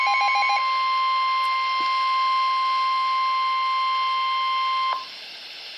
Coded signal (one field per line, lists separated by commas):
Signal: Emergency Alert System (SAME) tones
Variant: 1050 Hz attention tone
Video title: NOAA Weather Radio WSW (EAS #19)